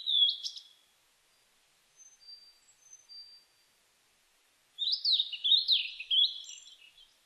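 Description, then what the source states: Blue-and-white flycatcher song: a short whistled note, a few faint thin notes, then a rapid phrase of slurred high whistles that rise and fall in quick succession. Recorded on 23 May 2004.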